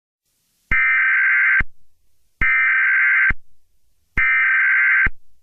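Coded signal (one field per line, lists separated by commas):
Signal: Emergency Alert System (SAME) tones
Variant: header bursts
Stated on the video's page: Fictional EAS scenario built around an Amber Alert.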